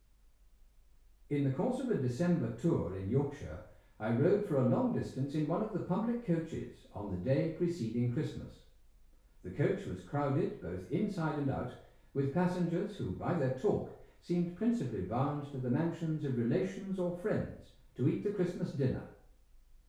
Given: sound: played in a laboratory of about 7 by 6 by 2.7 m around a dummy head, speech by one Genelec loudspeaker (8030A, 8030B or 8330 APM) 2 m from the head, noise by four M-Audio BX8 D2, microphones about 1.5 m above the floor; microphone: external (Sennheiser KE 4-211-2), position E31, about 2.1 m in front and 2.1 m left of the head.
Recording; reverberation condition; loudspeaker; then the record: male speech in English; medium; 60 degrees to the left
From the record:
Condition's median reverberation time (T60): about 510 ms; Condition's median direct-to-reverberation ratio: about -0.5 dB